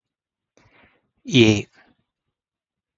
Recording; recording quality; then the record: sustained vowel as in made; excellent, no background noise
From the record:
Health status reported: healthy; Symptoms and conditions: hypertension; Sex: male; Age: 50 years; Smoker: not ticked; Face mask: not worn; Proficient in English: yes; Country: India